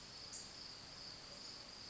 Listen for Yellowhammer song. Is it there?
no